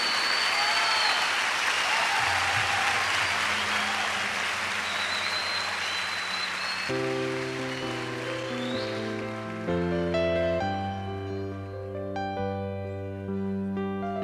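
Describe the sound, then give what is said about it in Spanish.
A crowd applauds steadily with a dense, loud clatter of clapping for several seconds, then sustained musical chords come in and carry on as the clapping fades beneath them. “Otro es el artista, y iniciamos dándole el mejor aplauso de este momento y de nuestra vida a ese único artista.”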